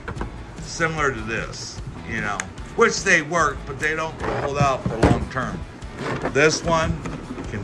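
The heavy-duty plastic latch on a GEARWRENCH 51-piece 1/4-inch drive 6-point 120XP socket set storage case (80300P) is being handled while someone talks. It is compared with a competitor's flip-down latch as much more secure. Short sharp sounds occur at 0.1 and 0.2 seconds, but the latch has not snapped shut or seated yet.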